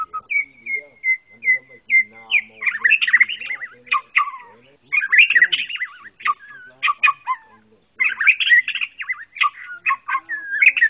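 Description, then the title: White-rumped shama singing a rich, varied song: a run of clear repeated whistles, then tumbling bursts of harsh chatter, sharp clicks and rising and falling whistled phrases. "murai batu"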